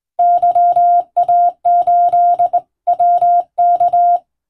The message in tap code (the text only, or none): none